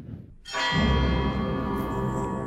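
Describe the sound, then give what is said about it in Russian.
An orchestra imitates church bells in the bell-ringing from Mussorgsky's opera Boris Godunov, recorded at the Helikon Opera theatre in 2015: after a brief hush, a loud, resonant chord clangs in with heavy low tones and a rich ringing overtone, sustaining and slowly ringing out. “Давайте напомним себе, как звучит этот, может быть, самый известный колокольный звон.”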